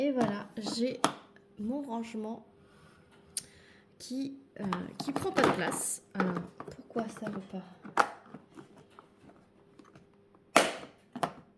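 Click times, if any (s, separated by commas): 10.6 s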